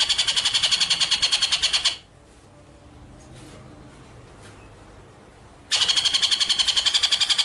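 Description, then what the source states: White-rumped shama song: a dense, buzzy rolling trill for two seconds, then nearly four seconds of faint background, then the fast trill resumes. Training (masteran) track of shama song in full, featuring the rolling (ngerol) and shooting (nembak) song styles.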